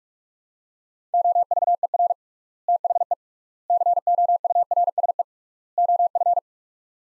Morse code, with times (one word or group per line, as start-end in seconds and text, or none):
1.1-2.1 OVER
2.7-3.1 THE
3.7-5.2 COURSE
5.8-6.4 OF